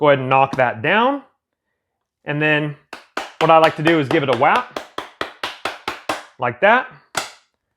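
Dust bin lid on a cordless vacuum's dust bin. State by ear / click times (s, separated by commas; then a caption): seated / 7.2 s. Someone talks while emptying the dust bin of an APOSEN H251 cordless battery-powered stick vacuum, then a quick series of sharp taps is heard from about 5.0 to 6.1 s as the bin is tapped out. At 7.2 s the plastic dust bin lid closes with a sharp snap and seats back into place.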